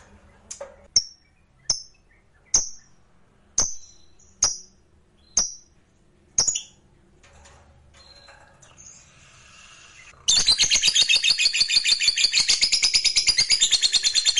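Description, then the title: Lovebird giving about eight sharp, high chirps spaced roughly a second apart, then a pause, then bursting into a loud, continuous, rapid chattering trill. Fighter lovebird; ngekek panjang, a long trill. "Begitu Dengar Suara Lovebird FIGHTER NGEKEK PANJANG"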